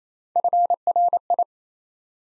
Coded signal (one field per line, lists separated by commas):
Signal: Morse code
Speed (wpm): 29 wpm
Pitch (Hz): 700 Hz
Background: none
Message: FRI